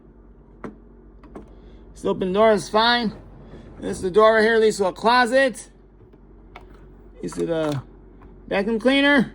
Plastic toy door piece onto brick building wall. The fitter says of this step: So little click right here.